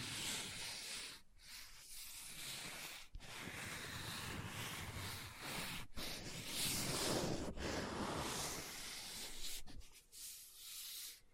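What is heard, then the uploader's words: Scratching and rubbing on a book, a dense papery rasp that fills the whole clip with hiss. The strokes run almost continuously, broken by brief silent gaps near 1, 3, 6, 7.5 and 10 seconds before the scraping resumes. ASMR Book Tapping, Scratching, Page Turning(No Talking).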